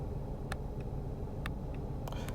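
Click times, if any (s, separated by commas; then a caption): 0.5 s, 1.5 s. A round plastic twist clip on the micro (cabin) filter housing of a 2022–2026+ BMW iX is turned counterclockwise. It gives two sharp clicks at 0.5 s and 1.5 s over a steady low rumble, followed by a few fainter ticks near the end. Two clicks mean the clip is fully disengaged and released.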